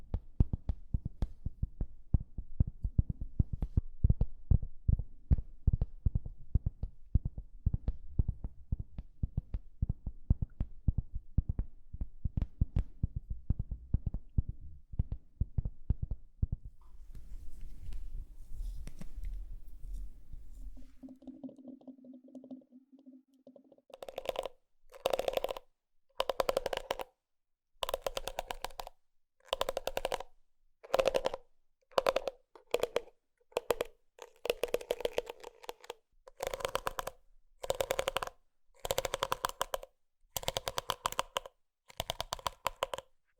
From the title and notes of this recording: TimASMR-ASMR 20+ Makeup Triggers For Sleep NO TALKING.